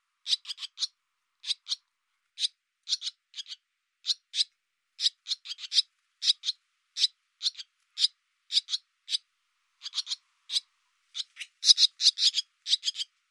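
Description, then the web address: Barn swallow calls: short, sharp, dry notes in quick pairs and triplets, repeated steadily throughout, growing busier near the end; no other sounds. "cianscape birddata Deverinetal 2025"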